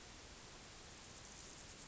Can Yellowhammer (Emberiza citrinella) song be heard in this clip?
no